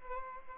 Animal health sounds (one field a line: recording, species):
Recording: mosquito wingbeat signal from an infrared sensor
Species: Aedes albopictus